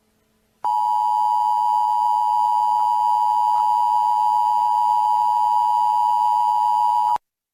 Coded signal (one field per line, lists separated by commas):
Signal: Emergency Alert System (SAME) tones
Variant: 853 and 960 Hz attention tone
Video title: Emergency broadcast EAS SCENARIO | Tornado